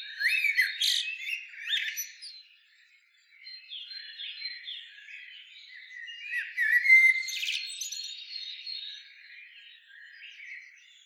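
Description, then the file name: Common blackbird: two clusters of harsh, chattering squawks, one early on and one later, with softer notes between them. "Turdus merula"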